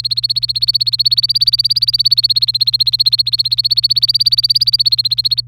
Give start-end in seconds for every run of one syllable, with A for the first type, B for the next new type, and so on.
0.00-5.41 A